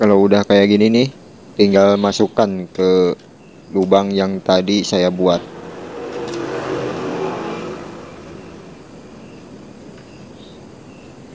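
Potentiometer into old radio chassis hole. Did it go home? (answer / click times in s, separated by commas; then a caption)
no / none. A potentiometer is lined up at the prepared hole in an old radio chassis but has not yet snapped in. Someone talks for the first five seconds, then a passing vehicle swells and fades in the background. Nothing has seated or clicked yet.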